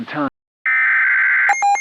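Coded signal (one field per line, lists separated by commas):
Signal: Emergency Alert System (SAME) tones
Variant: header bursts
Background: speech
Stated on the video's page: Fictional EAS scenario depicting a severe weather outbreak in central Alabama.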